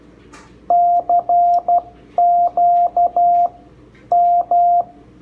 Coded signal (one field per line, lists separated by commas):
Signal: Morse code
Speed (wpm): 12 wpm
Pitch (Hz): 700 Hz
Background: radio noise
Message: CQ M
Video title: QRP Guys Iambic Paddle Kit Build